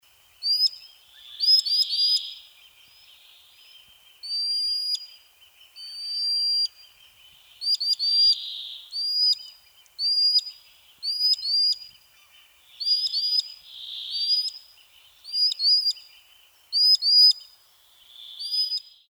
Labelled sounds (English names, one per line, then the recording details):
Common Sandpiper
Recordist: Frommolt, Karl-Heinz
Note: Rufe